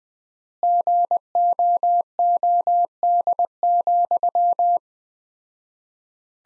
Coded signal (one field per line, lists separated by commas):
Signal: Morse code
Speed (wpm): 20 wpm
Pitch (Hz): 700 Hz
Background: none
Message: GOOD,